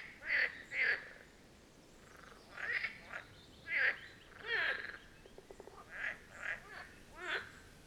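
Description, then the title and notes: Marsh frogs croaking in a chorus, short rattling pulsed croaks, some in close pairs, with quiet gaps between groups. Chorus at the Birkensee, Schönbuch, Germany, on one of the first proper hot summer days of 2023. "Marsh Frogs of the Birkensee. A chorus of Marsh Frog ( Pelophylax ridibundus ) at the Birkensee, in Schönbuch, DE. Recorded on one of the first proper hot days of this Summer (2023)"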